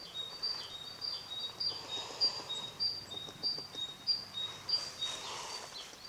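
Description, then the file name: Great tit singing a steady run of two-note whistled phrases, high then lower, repeated throughout. "Parus major"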